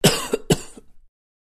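Two sharp, harsh cough bursts about half a second apart, each with a brief tail and no rattling or wet gurgle: a dry, non-productive cough.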